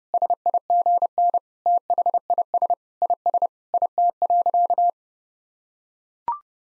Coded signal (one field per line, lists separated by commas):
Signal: Morse code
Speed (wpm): 30 wpm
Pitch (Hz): 700 Hz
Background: none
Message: SIGN THIS IS IT.